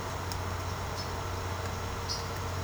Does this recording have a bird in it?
no